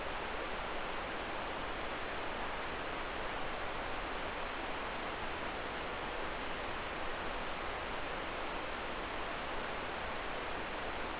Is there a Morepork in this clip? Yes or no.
no